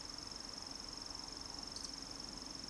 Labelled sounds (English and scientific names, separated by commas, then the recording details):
Eurasian Woodcock (Scolopax rusticola) whistle, Eurasian Woodcock (Scolopax rusticola) croak
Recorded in Baden-Württemberg, Germany, on 30 June 2020 at 20:30 UTC
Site 46046, 702 m above sea level